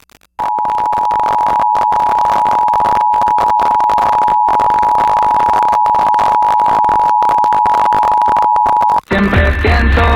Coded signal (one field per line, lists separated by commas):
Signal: Emergency Alert System (SAME) tones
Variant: 853 and 960 Hz attention tone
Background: music